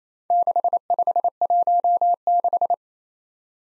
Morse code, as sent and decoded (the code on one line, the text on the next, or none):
-.... ..... .---- -....
6516